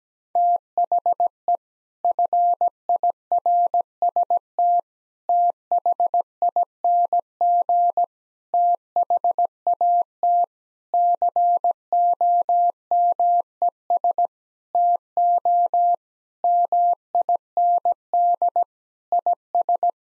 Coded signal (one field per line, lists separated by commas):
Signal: Morse code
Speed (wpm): 17 wpm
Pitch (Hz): 700 Hz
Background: none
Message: THE FIRST THING THAT COMES TO MIND IS